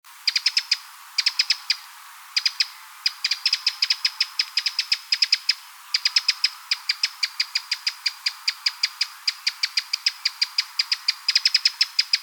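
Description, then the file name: Eurasian wren giving hard, dry ticks in fast runs of several, broken by brief pauses, steady throughout. "Troglodytes troglodytes"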